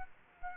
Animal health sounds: mosquito wingbeat signal from an infrared sensor; Aedes aegypti

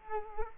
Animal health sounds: mosquito wingbeat signal from an infrared sensor; Culex quinquefasciatus

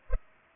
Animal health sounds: mosquito wingbeat signal from an infrared sensor; Culex pipiens

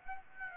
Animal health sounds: mosquito wingbeat signal from an infrared sensor; Aedes aegypti

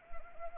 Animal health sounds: mosquito wingbeat signal from an infrared sensor; Anopheles arabiensis

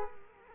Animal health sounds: mosquito wingbeat signal from an infrared sensor; Culex quinquefasciatus

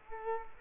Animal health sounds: mosquito wingbeat signal from an infrared sensor; Culex quinquefasciatus

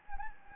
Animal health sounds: mosquito wingbeat signal from an infrared sensor; Anopheles gambiae

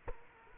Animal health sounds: mosquito wingbeat signal from an infrared sensor; Culex quinquefasciatus

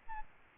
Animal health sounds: mosquito wingbeat signal from an infrared sensor; Aedes albopictus

